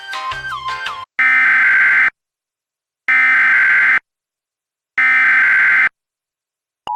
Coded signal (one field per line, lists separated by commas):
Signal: Emergency Alert System (SAME) tones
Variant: header bursts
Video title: EAS Mock: When there's a TOR-E for Rockford [v2]